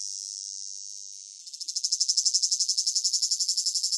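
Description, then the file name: Cicada buzzing, a steady high whine that breaks after a second and a half into loud rhythmic pulses, about four per second. Recorded close up; rhythmic chirping in long phrases with a piercing whine. "gain walkers CICADA Close Up Rhythmic Chirping Long Phrases Piercing Whine"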